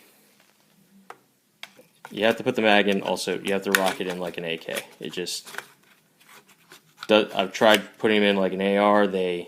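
A detachable rifle magazine is rocked into the magazine well of a Magpul Hunter 700 polymer stock, AK-style, giving two sharp clicks at 1.1 s and 1.6 s as it latches and seats. Someone then talks.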